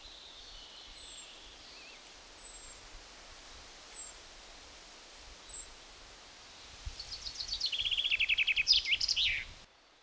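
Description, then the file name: Common chaffinch song: a rapid run of sharp notes over the final three seconds after a few faint high calls, cut off abruptly. "Fringilla coelebs"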